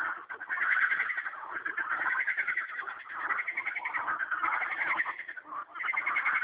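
Frog chorus: many overlapping rattling, pulsed calls forming a steady droning wall of sound with slight surges in loudness.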